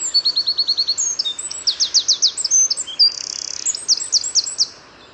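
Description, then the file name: Eurasian wren song opening with an evenly spaced run of sharp notes, then rapid trills and a brief buzzing rattle, high-pitched and forceful throughout. "Troglodytes troglodytes"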